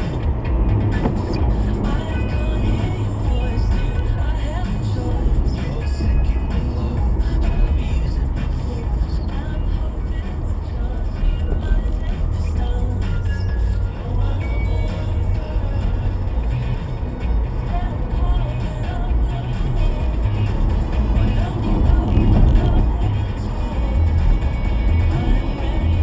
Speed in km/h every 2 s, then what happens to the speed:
92, 90, 77, 77, 66, 64, 76, 84, 89, 92, 93, 82, 77.
0-9 slows to 64. 10-19 speeds up to 93. 19-26 slows to 77.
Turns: none.